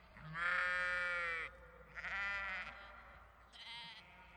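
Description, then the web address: Sheep bleats: one long, strong bleat, then a second wavering bleat and a short fainter one, over a low steady background hum. Sheep and lambs bleating in a field, countryside farmland, daytime. "Tom Hutchings. Field Of Sheep And Lambs Bleeting Countryside Daytime Farming"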